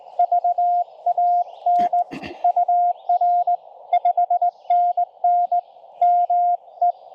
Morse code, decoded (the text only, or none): VAN UR 5NN ME